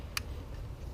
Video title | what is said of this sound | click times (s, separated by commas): HOW TO: Install the JB4- Audi S3 8V/ Golf R MK7 | You hear a little click every time you put the plug in. | 0.2 s